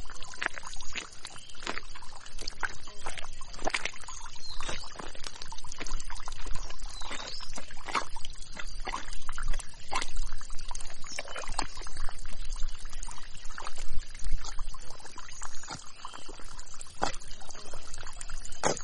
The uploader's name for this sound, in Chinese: 清晨的河边